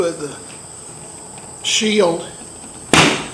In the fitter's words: there we go in place